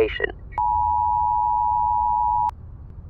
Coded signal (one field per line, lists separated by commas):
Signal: Emergency Alert System (SAME) tones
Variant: 853 and 960 Hz attention tone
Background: speech